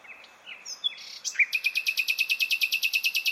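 Bird calls: a few high thin notes and short slurred chirps, then a rapid steady series of high clipped notes.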